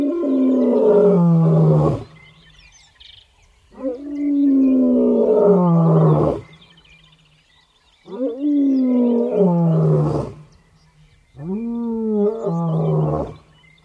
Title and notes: Around the World with The Touch of Sound. Lion Call - Kruger National Park, South Africa